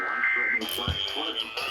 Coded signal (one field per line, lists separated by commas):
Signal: Emergency Alert System (SAME) tones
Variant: end-of-message bursts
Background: speech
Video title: THE EAS OLYMPICS... EAS Alerts from 7/17/21 (EAS #480-542)